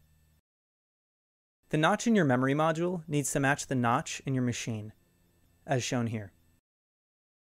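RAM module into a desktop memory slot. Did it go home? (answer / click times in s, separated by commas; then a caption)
no / none. A DDR3 1866MHz memory module is handled beside a memory bank of a 2013 Mac Pro, with its notch lined up to match the notch in the slot. Someone talks throughout, and there is no click or snap. Nothing has seated or clicked yet.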